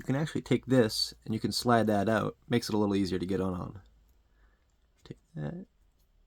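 Someone talks while handling the plastic trim piece of a 256-color ambient LED light strip upgrade on the door panel of a W221 Mercedes S550, sliding the piece out to make fitting easier. After the talking stops, there is a brief pair of faint, sharp ticks near 5.1 s, followed by another short burst of speech. Nothing has seated or clicked into place yet.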